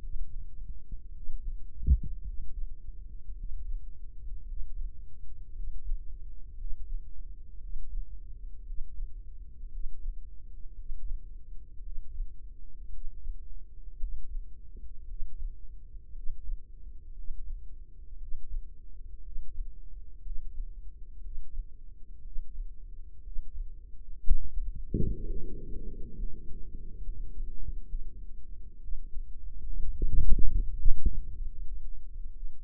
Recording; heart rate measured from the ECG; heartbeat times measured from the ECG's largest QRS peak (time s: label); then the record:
heart sounds by microphone in the right ear; 60 bpm
1.12 s: heartbeat
2.23 s: heartbeat
3.35 s: heartbeat
4.45 s: heartbeat
5.52 s: heartbeat
6.55 s: heartbeat
7.58 s: heartbeat
8.63 s: heartbeat
9.69 s: heartbeat
10.75 s: heartbeat
11.81 s: heartbeat
12.90 s: heartbeat
13.98 s: heartbeat
15.06 s: heartbeat
16.13 s: heartbeat
17.14 s: heartbeat
18.18 s: heartbeat
19.22 s: heartbeat
20.21 s: heartbeat
21.21 s: heartbeat
22.22 s: heartbeat
23.22 s: heartbeat
24.22 s: heartbeat
25.23 s: heartbeat
26.16 s: heartbeat
27.02 s: heartbeat
27.88 s: heartbeat
28.81 s: heartbeat
29.77 s: heartbeat
30.68 s: heartbeat
31.49 s: heartbeat
32.34 s: heartbeat
From the record:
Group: healthy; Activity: Valsalva maneuver 0-25 s, rest 25-33 s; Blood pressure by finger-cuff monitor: 88/55 mmHg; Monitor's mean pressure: 64 mmHg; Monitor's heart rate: 58 bpm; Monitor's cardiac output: 4.5 L/min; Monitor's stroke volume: 78 mL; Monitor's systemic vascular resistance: 990 dyn s/cm5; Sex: female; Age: 28 years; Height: 170 cm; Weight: 77 kg